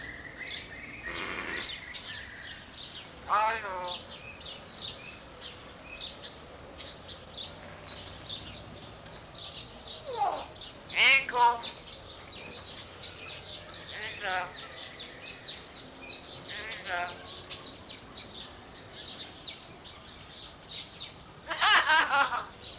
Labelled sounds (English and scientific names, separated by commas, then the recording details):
Common Hill Myna (Gracula religiosa)
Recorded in captivity
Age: adult
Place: Zoo Berlin, Berlin, DE
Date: 1992-04-04 10:30
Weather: bedeckt, 5-8°C
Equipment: Nagra SN, Mikrofon AKG CK 8, Kopie Tesla B 116
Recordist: Tembrock, Günter